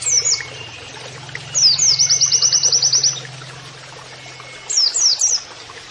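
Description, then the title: Oriental white-eye song: swooping chirps, one rapid high trill, then more swooping chirps, over a low steady hum. Masteran training audio of an Oriental white-eye (pleci) singing canary-like phrases, a style called nembak kenarian. "Pleci Gacor. MASTERAN PLECI NEMBAK KENARIAN"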